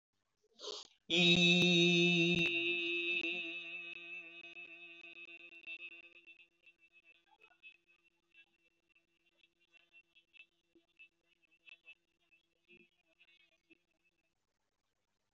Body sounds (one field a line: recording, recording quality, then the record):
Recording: sustained vowel as in beet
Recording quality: excellent, no background noise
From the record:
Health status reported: respiratory illness, not identified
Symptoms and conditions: breathing difficulty, hypertension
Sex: male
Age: 56 years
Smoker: yes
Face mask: not worn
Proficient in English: yes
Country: India